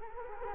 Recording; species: mosquito wingbeat signal from an infrared sensor; Culex quinquefasciatus